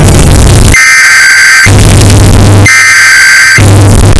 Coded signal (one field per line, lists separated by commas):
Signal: Emergency Alert System (SAME) tones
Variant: header bursts